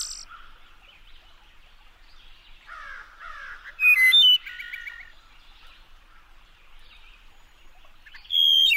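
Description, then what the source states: Wood thrush song of mellow, fluty notes building to a loud, high, ringing trill around four seconds, a quiet gap, then another bright trilled phrase at the end. Recorded by Lang Elliott on a late April day in a deep ravine in the Smoky Mountains, for his Music of Nature series.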